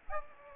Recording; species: mosquito wingbeat signal from an infrared sensor; Aedes aegypti